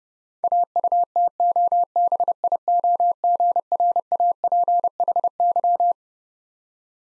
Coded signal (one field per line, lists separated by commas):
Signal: Morse code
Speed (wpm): 30 wpm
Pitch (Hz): 700 Hz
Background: none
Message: AUTOBIOGRAPHY